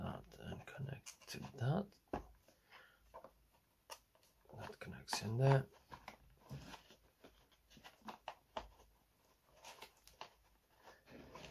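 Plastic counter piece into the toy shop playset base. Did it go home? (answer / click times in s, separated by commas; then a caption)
no / none. A long plastic counter piece from a miniature toy shop playset is handled and lined up with its connector on the store base while someone talks. Only soft handling taps and brief plastic knocks are heard. Nothing has seated or clicked yet.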